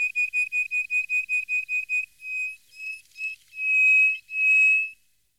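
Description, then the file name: Greater hoopoe-lark song: rapid evenly spaced piping notes that slow into a few separate whistles, finishing with two long, loud, drawn-out whistles. "Jean C Roche - Sirli du desert"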